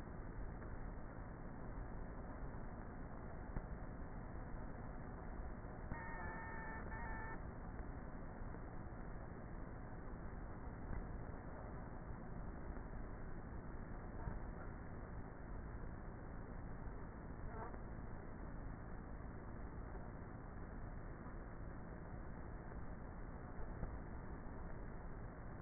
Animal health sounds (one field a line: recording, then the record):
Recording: honeybee colony, microphone inside the hive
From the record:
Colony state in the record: queenless with a low population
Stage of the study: before two queens were removed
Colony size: about 30,000 bees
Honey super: no